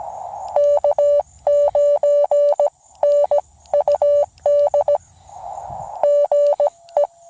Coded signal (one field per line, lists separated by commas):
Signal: Morse code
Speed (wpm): 17 wpm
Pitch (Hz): 580 Hz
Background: none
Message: K9NUD GE